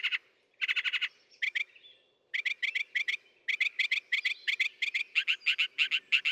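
Northern mockingbird song: bursts of harsh, buzzy notes repeated rapidly in several series, broken by short pauses and a brief thin whistled note.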